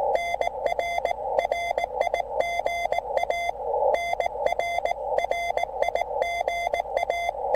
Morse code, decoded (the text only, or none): NR RIGA NR RIGA